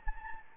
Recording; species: mosquito wingbeat signal from an infrared sensor; Anopheles gambiae